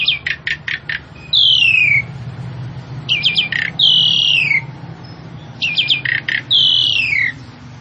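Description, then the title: Javan pied starling calls: a quick burst of four or five sharp clicks, then a long harsh descending squeal, the pattern repeated three times about every two and a half seconds. Female, vocal and persistent calling. "Burung Jalak Suren Betina Gacor Ngotot"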